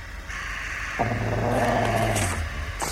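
A dog in snowy woods gives a low, rumbling growl lasting about a second and a half, starting abruptly and holding a steady throaty pitch over a constant background hiss, followed by a brief rustle.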